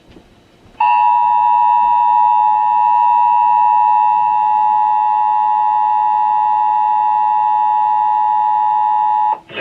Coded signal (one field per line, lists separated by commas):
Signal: Emergency Alert System (SAME) tones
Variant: 853 and 960 Hz attention tone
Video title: AM/FM (EAS # 717) National Periodic Test 10/4/23